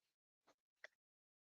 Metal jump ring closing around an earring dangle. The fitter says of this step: and give it a close. We'll hear that little click of a jump ring